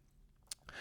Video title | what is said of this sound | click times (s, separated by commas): Pagani Design PD-1661 vs Steeldive SD1953 (Submariner Date Starbucks Homage) 4K Watch Review | pulling it out to the the first click position | 0.5 s